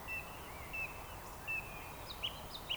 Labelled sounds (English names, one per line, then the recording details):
Eurasian Woodcock whistle
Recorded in Baden-Württemberg, Germany, on 14 June 2020 at 19:32 UTC
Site 43791, 788 m above sea level